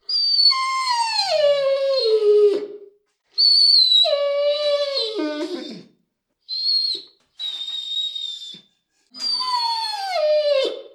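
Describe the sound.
Dog whining in three long, downward-sliding whimpers, with two brief high, steady squeaky tones between the second and third.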